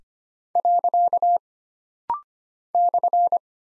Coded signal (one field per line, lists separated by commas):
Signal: Morse code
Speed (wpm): 25 wpm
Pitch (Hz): 700 Hz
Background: none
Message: . /